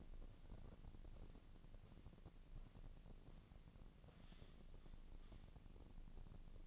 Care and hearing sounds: daily activity, microphone in the room; walk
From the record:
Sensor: 4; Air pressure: 1013.0 hPa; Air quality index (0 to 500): 176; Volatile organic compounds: 2 ppm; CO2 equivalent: 1114 ppm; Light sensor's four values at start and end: 59/147/62/66 and 59/146/62/65

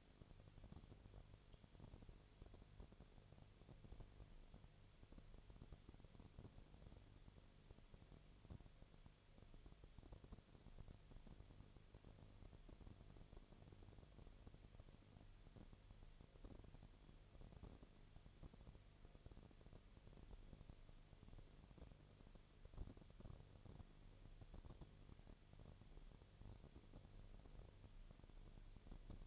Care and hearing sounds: daily activity, microphone in the room; no activity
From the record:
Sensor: 4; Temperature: 22.4 degrees Celsius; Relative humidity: 31.0%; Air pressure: 1004.1 hPa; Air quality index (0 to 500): 85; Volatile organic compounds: 1 ppm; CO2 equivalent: 772 ppm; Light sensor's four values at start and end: 2/3/1/1 and 2/3/1/1

